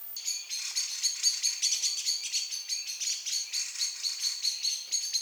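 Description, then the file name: Common blackbird calls: a steady stream of high, clipped metallic notes, fast and slightly uneven, continuing throughout. "Turdus merula"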